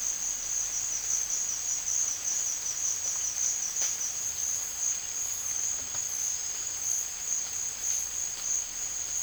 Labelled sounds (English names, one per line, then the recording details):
none
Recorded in dense forest near Puerto Asís, Putumayo, Colombia, on 9 March 2025 at 14:30
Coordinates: 0.481, -76.323
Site G088